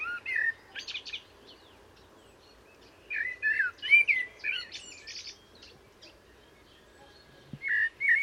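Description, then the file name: Common blackbird singing mellow whistled phrases that end in thin high chatter, with gaps of a few seconds between phrases. "Turdus merula"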